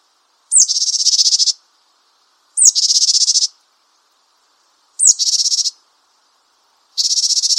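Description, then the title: Japanese tit calling a short sharp note run straight into a high, harsh buzz, repeated about every two seconds, four times. "suara burung gelatik batu jepang"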